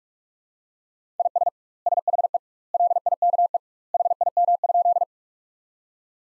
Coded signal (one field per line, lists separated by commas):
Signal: Morse code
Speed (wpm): 45 wpm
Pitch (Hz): 700 Hz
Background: none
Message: IS SHE LIKE HIM?